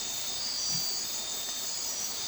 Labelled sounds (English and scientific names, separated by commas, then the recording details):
none
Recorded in dense forest near Puerto Asís, Putumayo, Colombia, on 20 December 2024 at 01:00
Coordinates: 0.467, -76.328
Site GP05